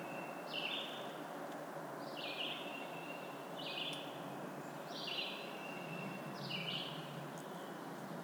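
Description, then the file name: Black-throated blue warbler giving five regular buzzy songs, spaced roughly one and a half seconds apart. "Black-throated Blue Warbler - Setophaga caerulescens"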